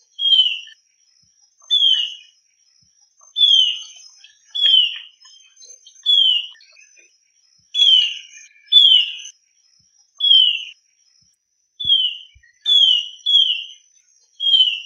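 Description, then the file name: Band-tailed antwren song: short, sharp, downslurred whistled notes repeated at irregular intervals of about half a second to two seconds, with faint thin high notes above and otherwise quiet background. "Canto do choquinha de rabo cintado"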